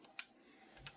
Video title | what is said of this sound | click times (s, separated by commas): UNBOXING: Viozon LED Stand Light - Desktop lamp for Vlogging, Arts &Crafts @CoastalCraftFilAm | insert the ball until it clicks | 0.2 s